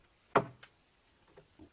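The retaining latch flag on an under-barrel grenade launcher is pressed to unload it, and a loud, sharp hit rings out at 0.4 s as the grenade round is released. A smaller tap follows at about 0.6 s, then a couple of faint knocks near 1.4 s and 1.6 s.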